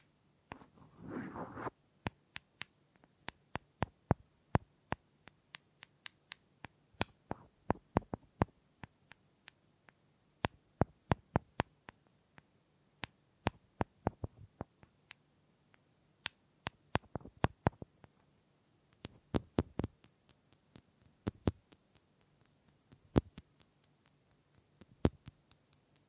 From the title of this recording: Wood Triggers